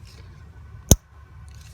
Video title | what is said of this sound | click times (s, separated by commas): Replacing injectors Toyota Corolla | a nice click get | 0.9 s